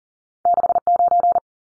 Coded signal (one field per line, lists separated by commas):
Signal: Morse code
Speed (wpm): 40 wpm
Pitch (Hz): 700 Hz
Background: none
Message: 69